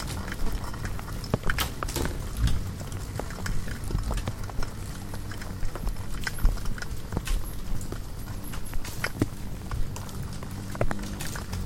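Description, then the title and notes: Insects crackle and tick almost without pause, with a few crisp, loud snaps standing out over a low drone. Hundreds of bugs frantically congregating around the only light at night, a porch bulb on a savannah wildlife ranch at Mmabolela, South Africa, November 2016; mix of six mics including miniature omnis; Zoom F8. "One Lightbulb. Hundreds of bugs are frantically congregating around the sole light source present at night, a bulb hanging on the porch of a wildlife ranch in South Africa. Angélica Castelló"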